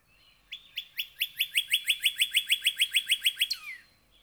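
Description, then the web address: Northern cardinal singing a rapid series of roughly sixteen sharp, upslurred whistles delivered evenly, closing with a falling slur. "birdsongforthecurious Northern Cardinal"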